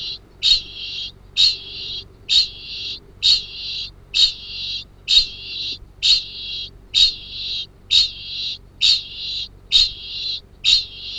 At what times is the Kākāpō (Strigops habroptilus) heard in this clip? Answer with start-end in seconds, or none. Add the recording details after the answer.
0.00-11.18. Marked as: faintness 1/5. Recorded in New Zealand. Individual Arab